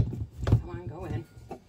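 A grinder jar of a personal blender is pushed onto its motor base, with handling knocks at about 0.5 s and 1.5 s while someone talks. The jar has not yet seated or locked onto the base.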